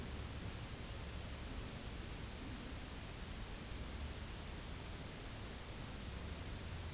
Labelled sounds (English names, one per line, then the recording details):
none
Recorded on Arctic tundra, site UTQI-0, on 11 June 2019
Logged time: 06:00